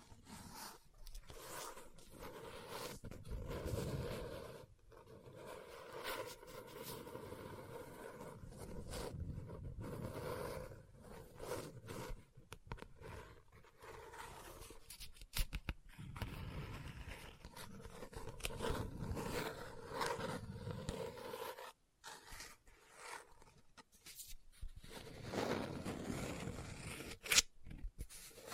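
Book sounds: rough scratching and rustling of paper with dense, uneven scraping bursts, broken by brief silent gaps around 4, 15, 21 and 27 seconds. Sharper taps and crisp page movements stand out now and then, with a loud click near 27 seconds.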